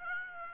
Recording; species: mosquito wingbeat signal from an infrared sensor; Aedes aegypti